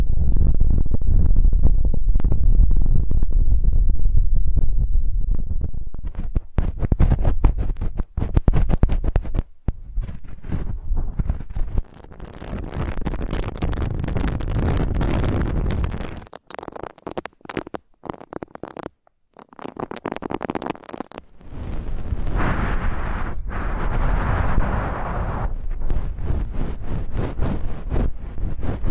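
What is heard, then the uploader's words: Ultra-fine ear touching gives dense, crackling low rumbles and scratchy bursts, broken by abrupt short silences near 12, 16 and 19 seconds. Ultra-fine ear touch, immersive experience.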